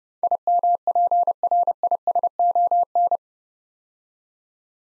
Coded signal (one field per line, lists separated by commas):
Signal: Morse code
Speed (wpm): 30 wpm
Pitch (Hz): 700 Hz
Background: none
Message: IMPRISON